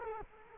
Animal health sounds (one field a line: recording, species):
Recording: mosquito wingbeat signal from an infrared sensor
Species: Culex quinquefasciatus